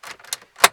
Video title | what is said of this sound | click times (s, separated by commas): Android 7" radio install - Seicane (06 xtrail) | just give it a push should snap into place | 0.3 s, 0.6 s